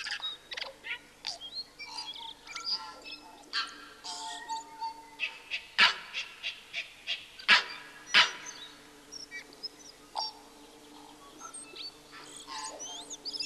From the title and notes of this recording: Tui sings. Prosthemadera novaeseelandiae.